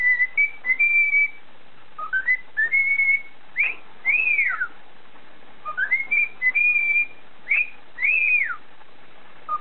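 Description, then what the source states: Cockatiel giving a repeated whistled tune: rising notes, a held tone, then arched downslurred whistles, with the phrase sung twice. Whistling (siulan) by a cockatiel.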